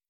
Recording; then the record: hydrophone in a shrimp aquaculture tank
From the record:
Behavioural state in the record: normal